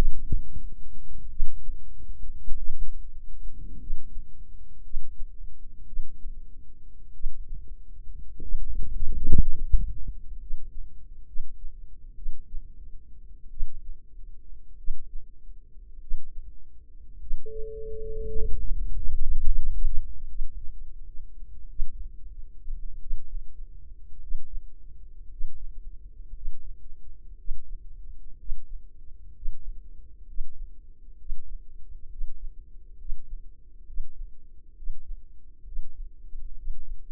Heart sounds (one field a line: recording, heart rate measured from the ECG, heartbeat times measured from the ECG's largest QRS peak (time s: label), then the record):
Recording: heart sounds by microphone in the left ear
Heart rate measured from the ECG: 56 bpm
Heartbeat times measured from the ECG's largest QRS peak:
1.29 s: heartbeat
2.56 s: heartbeat
3.78 s: heartbeat
4.82 s: heartbeat
5.85 s: heartbeat
7.12 s: heartbeat
8.40 s: heartbeat
9.49 s: heartbeat
10.38 s: heartbeat
11.25 s: heartbeat
12.14 s: heartbeat
13.49 s: heartbeat
14.76 s: heartbeat
15.99 s: heartbeat
17.18 s: heartbeat
18.33 s: heartbeat
19.25 s: heartbeat
20.26 s: heartbeat
21.67 s: heartbeat
22.97 s: heartbeat
24.17 s: heartbeat
25.25 s: heartbeat
26.30 s: heartbeat
27.33 s: heartbeat
28.34 s: heartbeat
29.30 s: heartbeat
30.23 s: heartbeat
31.14 s: heartbeat
32.06 s: heartbeat
32.95 s: heartbeat
33.83 s: heartbeat
34.73 s: heartbeat
35.62 s: heartbeat
36.53 s: heartbeat
From the record:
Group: healthy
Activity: rest 0-20 s, breath hold 20-37 s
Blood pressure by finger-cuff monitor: 97/58 mmHg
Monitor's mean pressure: 68 mmHg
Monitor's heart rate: 58 bpm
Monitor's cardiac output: 4.5 L/min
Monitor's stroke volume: 84 mL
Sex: female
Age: 36 years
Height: 163 cm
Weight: 88 kg